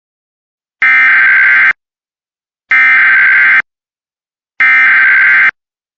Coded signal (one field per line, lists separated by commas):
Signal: Emergency Alert System (SAME) tones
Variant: header bursts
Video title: Arizona Safe alert for an 11 year old boy EAS #20